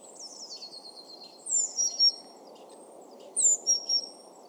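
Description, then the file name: Eurasian blue tit with two bursts of high, thin, descending notes over a continuous low hum. "Cyanistes caeruleus"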